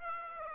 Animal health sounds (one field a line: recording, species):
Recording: mosquito wingbeat signal from an infrared sensor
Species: Aedes aegypti